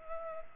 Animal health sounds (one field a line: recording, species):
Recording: mosquito wingbeat signal from an infrared sensor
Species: Culex pipiens